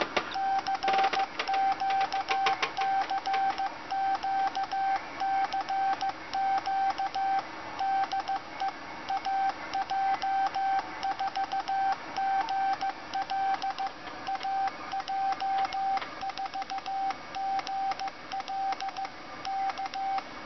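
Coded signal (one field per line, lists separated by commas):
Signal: Morse code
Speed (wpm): 15 wpm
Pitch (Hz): 780 Hz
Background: none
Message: CQCQCQ DE AJ4GL AJ4GL K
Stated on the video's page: Morse sent by a prototype automated straight keyer controlled by an Arduino Nano, intended for contest or special event use.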